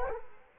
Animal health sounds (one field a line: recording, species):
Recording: mosquito wingbeat signal from an infrared sensor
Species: Culex quinquefasciatus